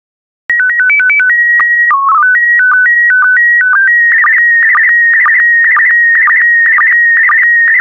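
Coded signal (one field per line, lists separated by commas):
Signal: SSTV (slow-scan television)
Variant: PD 120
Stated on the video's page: SSTV images in PD120 mode, software-generated daily practice images for decoding.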